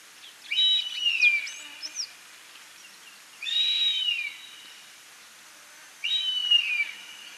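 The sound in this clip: Bird song: three high phrases, each a bright whistle that slides downward, a few seconds apart.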